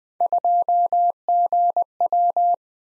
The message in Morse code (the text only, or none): 2GW